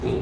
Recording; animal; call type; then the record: contact call of a hoofed animal; pig; closed-mouth grunt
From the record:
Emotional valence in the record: positive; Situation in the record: food and toys in familiar pen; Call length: 0.22 s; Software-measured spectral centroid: 1460 Hz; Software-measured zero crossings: 930 a second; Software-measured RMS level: -25 dBFS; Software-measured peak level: -13 dBFS